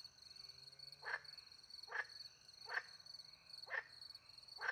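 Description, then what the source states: Frog giving short rasping croaks about once a second, five in all, over a continuous high-pitched cricket chorus. Frogs with crickets in countryside at night, France; microphones hidden in a tree close to a little pond; two Usi Pro microphones into a MixPre-10 II recorder.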